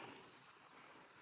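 A spring pin clip is pushed to join two rail sections of a soft camper shell frame for a 2022 Ram 1500 Classic. Only steady, broad noise is heard, with no distinct click. Nothing has locked or seated yet.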